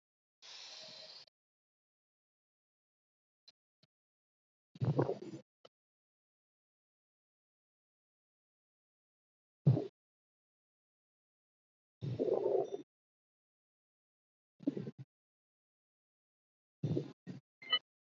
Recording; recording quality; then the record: deep breathing; excellent, no background noise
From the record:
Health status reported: healthy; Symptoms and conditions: cough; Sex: male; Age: 26 years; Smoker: not ticked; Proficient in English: yes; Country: India